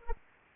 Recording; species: mosquito wingbeat signal from an infrared sensor; Anopheles arabiensis